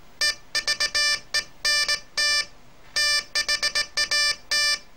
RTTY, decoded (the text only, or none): none